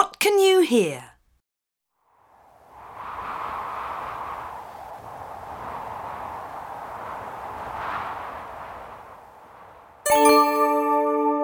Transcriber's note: fx: a windy day